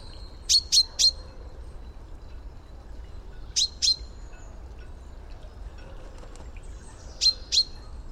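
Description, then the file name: Common chaffinch giving clipped, ringing 'pink' calls: a quick run of three, then two separate pairs, over a soft low background noise. "Fringilla coelebs"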